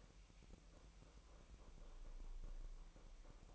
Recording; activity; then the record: daily activity, microphone in the room; make coffee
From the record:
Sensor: 1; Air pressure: 1002.0 hPa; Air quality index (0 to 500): 242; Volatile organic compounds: 47 ppm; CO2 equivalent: 3260 ppm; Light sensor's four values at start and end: 8/28/10/11 and 8/28/10/11